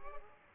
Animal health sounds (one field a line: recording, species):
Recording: mosquito wingbeat signal from an infrared sensor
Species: Culex pipiens